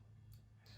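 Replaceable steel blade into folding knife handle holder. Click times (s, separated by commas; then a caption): 0.3 s, 0.7 s. A new replaceable steel razor blade is slid back into the blade holder of an Outdoor Edge Razor Blaze folding hunting knife until it locks. Two clicks are heard at 0.3 s and 0.7 s over a steady low hum. The blade is seated and ready to use.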